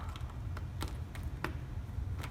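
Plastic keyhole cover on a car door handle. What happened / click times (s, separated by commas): The plastic cover popped off / 1.4 s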